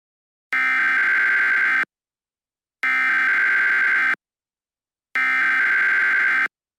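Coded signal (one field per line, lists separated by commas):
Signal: Emergency Alert System (SAME) tones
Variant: header bursts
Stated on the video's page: Mock EAS scenario, not a real alert.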